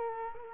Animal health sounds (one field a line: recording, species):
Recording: mosquito wingbeat signal from an infrared sensor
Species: Culex quinquefasciatus